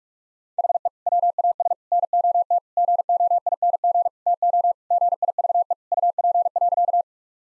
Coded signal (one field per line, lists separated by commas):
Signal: Morse code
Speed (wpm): 42 wpm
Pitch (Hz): 700 Hz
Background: none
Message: HE WAS NOT GOING TO GIVE UP.